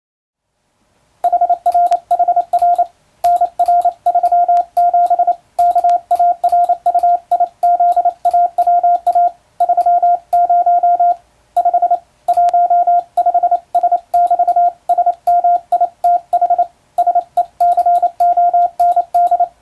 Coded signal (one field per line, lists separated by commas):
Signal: Morse code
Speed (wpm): 28 wpm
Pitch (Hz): 700 Hz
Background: radio noise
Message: HRHR NR37 KARUIZAWA 30 5 15S<BT>SMITH SECOND